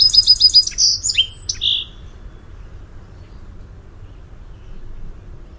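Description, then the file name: Song sparrow song: a quick run of bright repeated high notes, then lower slurred notes and a buzzy trill, all within two seconds, followed by quiet background hiss. "SOSP song"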